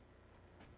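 A distributor cap for a Ford 9N, 2N or 8N tractor is being handled by hand as it is pressed toward the distributor body, where its spring clips are meant to catch and snap once the ears line up. Only a steady low rumble of background noise is heard, slightly fuller near 0.6 s, with no distinct click. Nothing has seated or clicked yet.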